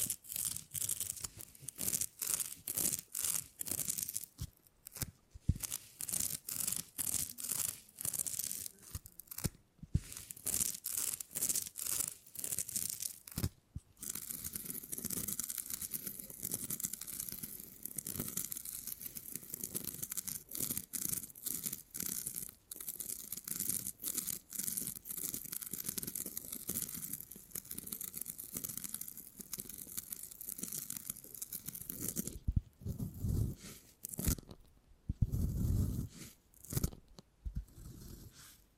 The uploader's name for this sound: Brain Tingly Sounds Using Beeswax